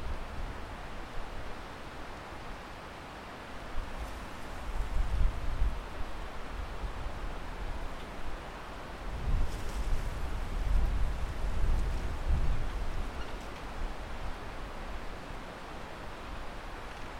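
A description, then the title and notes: Wind rustles through trees, blending into a single continuous wash of noise. The sound stays dense and steady, with slow swells of stronger gusts around 4–6 seconds and again near 9–13 seconds, each bringing a deeper rumble underneath. Evening in the Garden in Winter. It’s the depths of December and the weak winter sun is setting early at around 4pm. The wind is rusting the trees in the valley below until the sound becomes almost a single noise.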